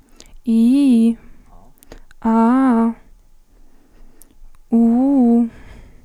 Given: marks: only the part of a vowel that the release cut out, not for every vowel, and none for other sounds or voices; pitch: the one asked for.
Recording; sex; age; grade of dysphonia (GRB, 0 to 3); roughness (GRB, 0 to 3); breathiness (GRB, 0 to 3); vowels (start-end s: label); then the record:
sustained vowels; female; 18 to 19 years; 0; 0; 0
0.54-1.06 s: vowel /i/, low-high-low pitch
2.28-2.85 s: vowel /a/, low-high-low pitch
4.80-5.33 s: vowel /u/, low-high-low pitch
From the record:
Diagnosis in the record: healthy voice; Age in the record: 18 years